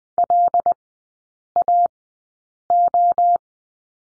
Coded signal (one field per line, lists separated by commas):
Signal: Morse code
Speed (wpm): 19 wpm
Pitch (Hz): 700 Hz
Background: none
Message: LAO